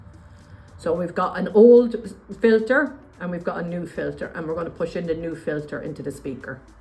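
Someone talks while handling an old and a new wax filter for an Oticon MiniRITE hearing aid, about to push the new filter on its plastic applicator tool into the head of the receiver (speaker). Faint background music is heard under the voice. Nothing has seated or clicked yet.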